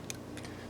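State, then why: Seated. A display flex cable connector from an iPhone 5 screen is lined up by finger and pressed onto its socket on the phone's logic board. It gives a sharp, bright click at 0.1 s, followed by fainter ticks around 0.4 s. The connector seats.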